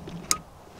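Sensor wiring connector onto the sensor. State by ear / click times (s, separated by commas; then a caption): seated / 0.3 s. A plastic electrical connector for an engine sensor on a 1999 Ford Expedition 5.4, worked on during a water pump replacement for leaking antifreeze, is pushed onto its socket. A single sharp, bright click sounds at 0.3 s over a low background hum, confirming the connector is seated.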